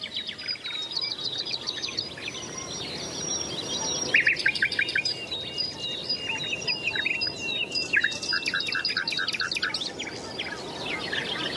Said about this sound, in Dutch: De dichter Bloem wist het al. In de koude voorjaarsnacht zingen de onsterfelijke nachtegalen.